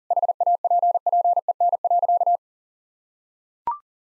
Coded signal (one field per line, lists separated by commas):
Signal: Morse code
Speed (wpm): 40 wpm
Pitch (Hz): 700 Hz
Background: none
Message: HAPPEN.